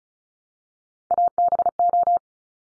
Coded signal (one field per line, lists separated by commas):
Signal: Morse code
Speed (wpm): 36 wpm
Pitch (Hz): 700 Hz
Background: none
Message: ABO